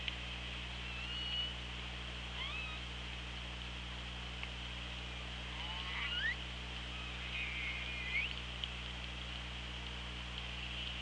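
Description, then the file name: Orca calls: several faint whistled sweeps, some rising and some falling, scattered throughout over a steady low electrical hum and hiss. Recorded on the OrcaLab hydrophone, 24 August 2017 at 16:32. "Orca Lab UTLN JASON 20170824 163210"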